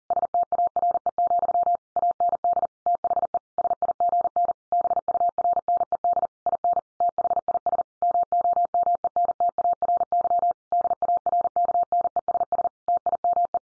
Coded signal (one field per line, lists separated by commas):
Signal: Morse code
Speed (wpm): 40 wpm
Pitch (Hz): 700 Hz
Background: none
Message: STARE, AND THE SIGN BURNED IN THIS MOMENTARY DARKNESS TIME